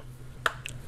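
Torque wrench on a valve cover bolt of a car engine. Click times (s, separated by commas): 0.5 s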